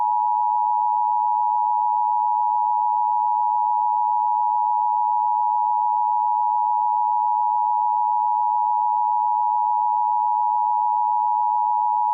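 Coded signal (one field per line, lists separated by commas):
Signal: Emergency Alert System (SAME) tones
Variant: 853 and 960 Hz attention tone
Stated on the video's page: Fictional EAS parody based on an animated film, not a real alert.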